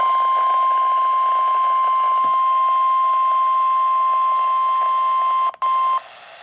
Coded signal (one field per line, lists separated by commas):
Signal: Emergency Alert System (SAME) tones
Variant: 1050 Hz attention tone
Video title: Severe Thunderstorm Warning #22 (EAS #35) (6/13/2023)